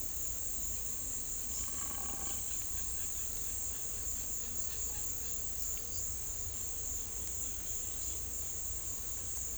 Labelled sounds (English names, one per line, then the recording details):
none
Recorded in pastures near Puerto Asís, Putumayo, Colombia, on 21 December 2024 at 16:00
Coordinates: 0.487, -76.322
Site GP09